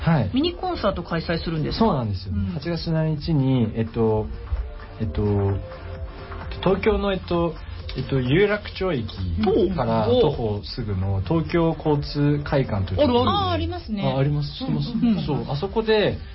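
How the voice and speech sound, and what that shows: A young man, a first-year university student who has stuttered since elementary school and leads a music group of students who stutter, speaks Japanese conversationally at a steady pace. His speech has stretched filler sounds, a part-word repetition before one word, prolonged syllables and restarted phrases, which are mild stuttering disfluencies. An interviewer's brief backchannel replies are also heard.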